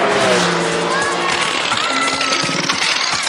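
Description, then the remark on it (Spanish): A car engine runs roughly, its wavering drone breaking into uneven, choppy bursts as it sputters and struggles, loud and continuous for the few seconds heard. “Parece que está fallando el autito.”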